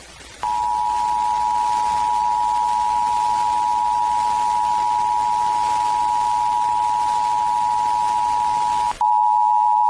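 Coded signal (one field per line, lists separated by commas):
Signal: Emergency Alert System (SAME) tones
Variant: 853 and 960 Hz attention tone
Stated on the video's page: National EAS test heard while scanning the FM broadcast band in Las Vegas.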